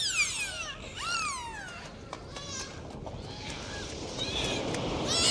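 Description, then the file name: Dolphin whistles, a few curving squeals and downward sweeps early on, then fainter calls over steady hiss. "Zvuki Prirody - Vesyolye Delfiny"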